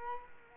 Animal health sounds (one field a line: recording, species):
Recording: mosquito wingbeat signal from an infrared sensor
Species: Culex quinquefasciatus